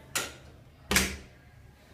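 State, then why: Seated. A door fitted with a Sargent closer swings shut, and its latch bolt snaps into the strike plate with a sharp click at 0.9 s, after a fainter click near 0.1 s. The latch catches and the door latches shut.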